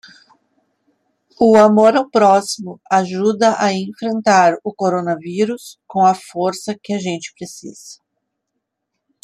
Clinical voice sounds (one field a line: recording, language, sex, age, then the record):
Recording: spoken sentence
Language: Brazilian Portuguese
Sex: female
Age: 40 to 49 years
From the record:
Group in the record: control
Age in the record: 47 years